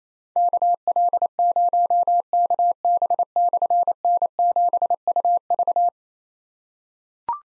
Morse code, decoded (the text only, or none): KL0KB/N7UV